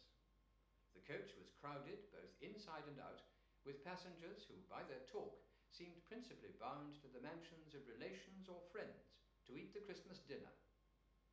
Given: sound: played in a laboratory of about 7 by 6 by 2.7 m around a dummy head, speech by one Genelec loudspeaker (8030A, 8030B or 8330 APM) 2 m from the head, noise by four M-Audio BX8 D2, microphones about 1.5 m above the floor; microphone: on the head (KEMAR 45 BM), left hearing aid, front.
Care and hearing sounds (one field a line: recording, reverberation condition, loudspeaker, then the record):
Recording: male speech in English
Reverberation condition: medium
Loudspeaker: 90 degrees to the left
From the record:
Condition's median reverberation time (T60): about 510 ms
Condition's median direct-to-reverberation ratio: about -0.5 dB